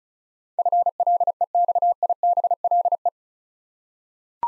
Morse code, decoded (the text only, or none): FLEXIBLE